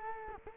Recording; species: mosquito wingbeat signal from an infrared sensor; Culex quinquefasciatus